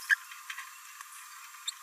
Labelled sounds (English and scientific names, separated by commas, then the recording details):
Green-rumped Parrotlet (Forpus passerinus) babbling
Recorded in a nest box in Venezuela
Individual 18B17A4